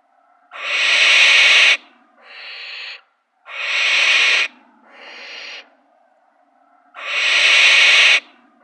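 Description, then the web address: Barn owl begging hisses, broad rasping snores over a second long alternating with shorter, quieter wheezes, the loud ones coming about every three seconds. Downy young. "Schulze Peter Barn Owl downy Young"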